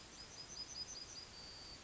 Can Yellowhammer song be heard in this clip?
yes